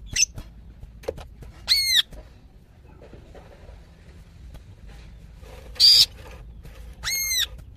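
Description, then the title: Greater green leafbird uttering a few isolated calls: ringing downslurred whistles and a short bright chirp, separated by long quiet pauses. Female calling to a male; described as very vocal. "CUCAK IJO BETINA GACOR HIPER MEMANGGIL JANTAN"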